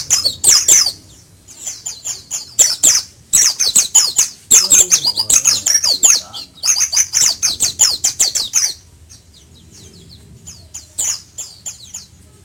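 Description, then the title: White-eye song of bright, rapid chattering twitters in bursts for about nine seconds, then softer scattered chirps. White-eye (pleci) called Mr. Kebo; Malang, East Java. "Pleci Mr. Kebo Malang - Jawa Timur"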